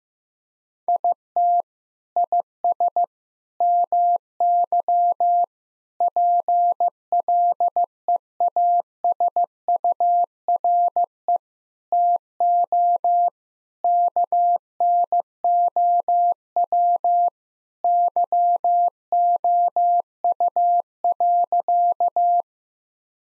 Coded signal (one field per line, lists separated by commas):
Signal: Morse code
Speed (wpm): 15 wpm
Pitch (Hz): 700 Hz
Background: none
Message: IT IS MY PLEASURE TO KNOW YOU.